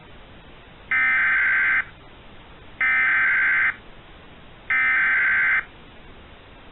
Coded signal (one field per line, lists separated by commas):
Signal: Emergency Alert System (SAME) tones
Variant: header bursts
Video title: A Hot Day (EAS Scenario)